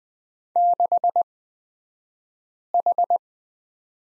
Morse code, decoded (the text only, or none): 6H